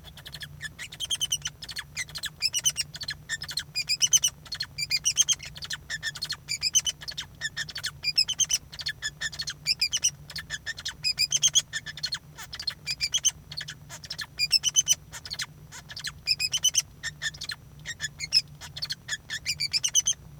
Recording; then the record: song of a male Bengalese finch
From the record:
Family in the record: son of father 2